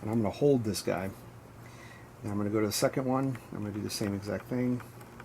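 Someone talks while handling a spring retainer clip on a replacement Medeco lock cylinder for an ARB vehicle drawer, moving on to its second side to bend it into place and push it down in the center. Between the phrases there is only low, steady background noise and faint handling. Nothing has seated or clicked yet.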